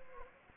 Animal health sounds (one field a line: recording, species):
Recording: mosquito wingbeat signal from an infrared sensor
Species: Anopheles gambiae